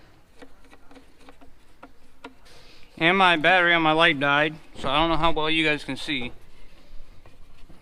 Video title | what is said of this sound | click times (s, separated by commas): 09 chevy 2500HD 6.0 gas gets more horsepower & torque [ + 30HP ❓] | and then it'll snap right into place | 1.8 s, 2.2 s